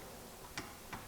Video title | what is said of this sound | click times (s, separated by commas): VCAN Digital Torque Wrench Review + Accuracy Test | Oh, okay. Well, so the torque wrench clicks | 0.6 s